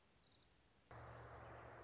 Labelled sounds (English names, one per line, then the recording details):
Orange-crowned Warbler
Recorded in Sonoma County, California